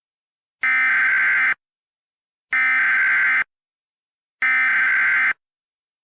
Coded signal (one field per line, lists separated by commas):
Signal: Emergency Alert System (SAME) tones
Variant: header bursts